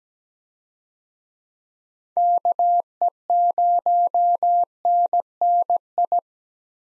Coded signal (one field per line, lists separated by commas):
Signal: Morse code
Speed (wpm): 17 wpm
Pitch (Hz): 700 Hz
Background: none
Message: KE0NNI